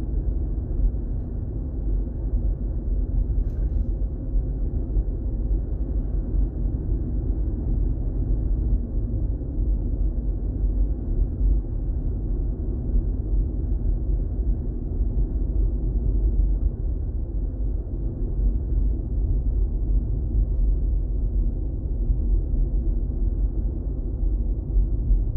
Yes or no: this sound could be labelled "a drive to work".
yes